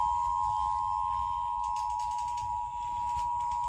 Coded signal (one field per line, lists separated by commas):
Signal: Emergency Alert System (SAME) tones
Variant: 853 and 960 Hz attention tone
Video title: Early Summer Madness | EAS Alerts from 6/14/2026 (EAS #256-290)